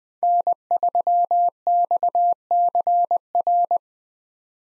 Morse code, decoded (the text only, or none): N3XCR